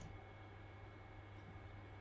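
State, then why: Not seated. The small adjustment screw in the housing of a Vector Optics Frenzy-X red dot sight is turned to check for click detents. Only a steady low hum and broadband noise are heard, with no sudden sounds. The screw turns silently and nothing has clicked.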